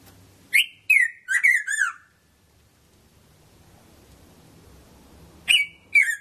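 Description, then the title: Red-throated parrotfinch: several clear, falling whistled notes in fast succession, a long quiet gap with soft background murmur, then two more whistles. "Erythrura Psittacea"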